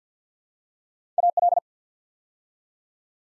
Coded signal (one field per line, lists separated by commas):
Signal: Morse code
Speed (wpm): 50 wpm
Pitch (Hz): 700 Hz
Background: none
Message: AL